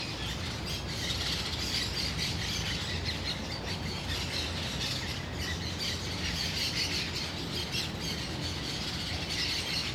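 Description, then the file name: Many birds calling and chirping together in a dense, continuous high chorus, with a steady low rumble underneath throughout. Many birds heard from a veranda. "Dois trovoes na varanda com muitos passaros"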